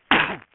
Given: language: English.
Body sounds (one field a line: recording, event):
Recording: throat vibration sensor signal played as sound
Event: cough